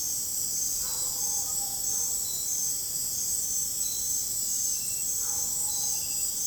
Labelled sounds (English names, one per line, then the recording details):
none
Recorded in dense forest near Puerto Asís, Putumayo, Colombia, on 29 June 2025 at 21:00
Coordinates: 0.503, -76.323
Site G059